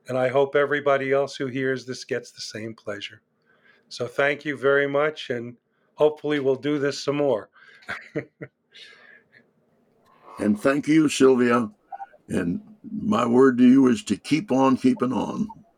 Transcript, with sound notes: I hope everybody else who hears this gets the same pleasure. Thank you very much, and hopefully we'll do this some more. [LAUGHTER]
Thank you, Sylvia, and my word to you is to keep on keeping on.